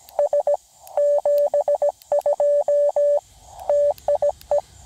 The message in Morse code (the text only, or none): S 72 TIE